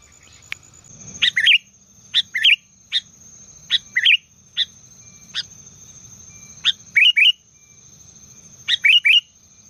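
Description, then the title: Sooty-headed bulbul giving scattered sharp chirps and a few quick three-note bubbly phrases, with a constant thin high whine and a faint low hum behind. "Kutilang"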